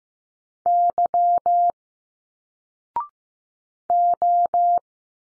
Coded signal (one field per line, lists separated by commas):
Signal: Morse code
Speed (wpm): 15 wpm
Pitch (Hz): 700 Hz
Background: none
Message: Y O